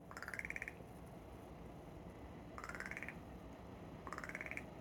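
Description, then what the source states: Crow giving three short rattle calls, each a quick burst of pulsed notes that climbs in pitch, over steady background noise. Young crow giving several rattle calls.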